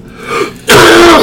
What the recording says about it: What we're smoking. Can you hear me coughing? It's real mild.